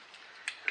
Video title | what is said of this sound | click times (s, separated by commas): How to Replace the Front Brake Pads on a 2016 Toyota Rav4 - How-To Guide - Pasty-T Garage | and they should go ahead and snap in. | 0.5 s, 0.7 s